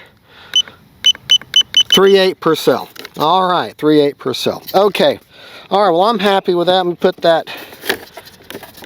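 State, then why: Seated. A flight battery tray is pushed into the fuselage of a Flightline 1600mm P-51D Mustang RC foam warbird while someone talks, after a quick series of short beeps near the start. The tray clicks in and latches at 8.5 s, and it is not coming back out.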